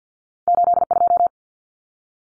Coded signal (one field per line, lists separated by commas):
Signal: Morse code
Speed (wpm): 50 wpm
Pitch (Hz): 700 Hz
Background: none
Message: 82